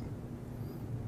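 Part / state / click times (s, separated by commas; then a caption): heatsink push pin in its sleeve / not seated / none. A plastic push pin on a CPU heatsink, turned to the open position, is pushed up in its sleeve and does not lock; nothing has seated or clicked yet. Only a steady low rumble of background noise is heard, with a faint tick at 1.1 s. The pin is still open.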